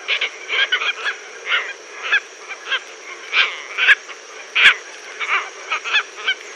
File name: phaethon rubricauda